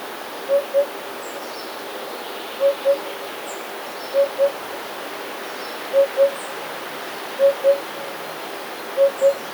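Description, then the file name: Eurasian hoopoe, low hollow notes in twos, six pairs at regular intervals, with faint high ticking calls in the background. "dudek"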